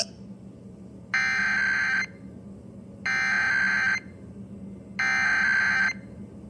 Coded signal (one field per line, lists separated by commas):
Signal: Emergency Alert System (SAME) tones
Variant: header bursts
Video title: Ohio Required Monthly Test On WTUE 7/14/21